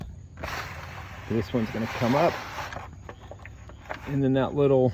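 The locking pin on an RV awning support arm is being handled while the arm's height-adjustment latch is lifted, so the pin can engage an adjustment hole in the arm. Someone talks over a steady hiss, and several short taps and knocks are heard between 2.7 and 3.9 seconds. The clip ends before the pin goes into the hole, so nothing has seated or clicked yet.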